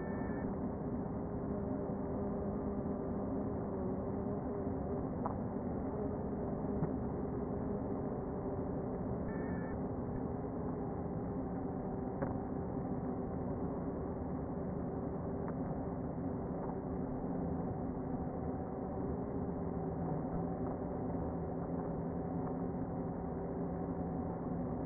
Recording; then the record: honeybee colony, microphone inside the hive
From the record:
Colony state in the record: queen present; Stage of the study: before two queens were removed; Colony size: about 60,000 bees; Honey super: yes